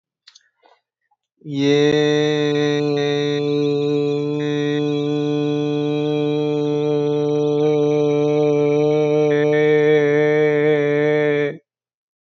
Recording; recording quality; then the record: sustained vowel as in made; excellent, no background noise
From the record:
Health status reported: healthy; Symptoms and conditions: none ticked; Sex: male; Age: 22 years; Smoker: not ticked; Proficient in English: yes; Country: United States